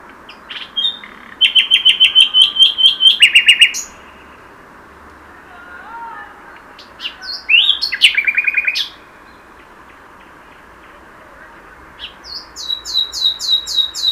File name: Luscinia megarhynchos 100311